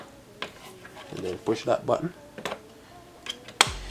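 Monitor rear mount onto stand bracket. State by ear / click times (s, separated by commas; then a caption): seated / 3.6 s. The rear mounting notches of an AOC G2590FX 25-inch frameless gaming monitor are hooked onto the stand's bracket while the release button is pressed, and the monitor is pushed until it snaps home. Someone talks over a few light knocks, then one sharp, loud click lands at 3.6 s. The monitor is seated on the stand mount.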